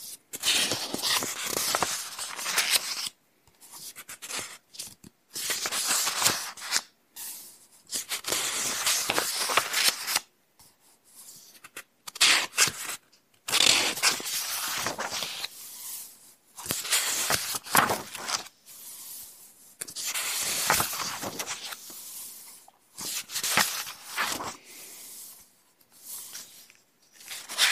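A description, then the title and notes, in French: Someone rummages through a handbag and its contents, a wallet, cards, tickets, glasses, paper tissues, a tube of cream. Bursts of bright crinkling and rustling come in irregular spurts of a second or two, separated by brief silences. Je te relaxe avec mon sac à main et son contenu (portefeuille, cartes, tickets, lunettes, mouchoirs en papier, crème...) Un épisode multi déclencheurs avec mon sac à main et tout son contenu.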